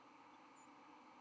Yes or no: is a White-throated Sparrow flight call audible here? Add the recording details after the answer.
no. Another species' flight call is heard. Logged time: 07:03 on 31 October 2014